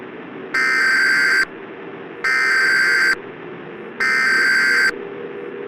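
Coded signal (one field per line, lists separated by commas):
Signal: Emergency Alert System (SAME) tones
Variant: header bursts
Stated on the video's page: Fictional analog-horror EAS scenario using valid SAME tones.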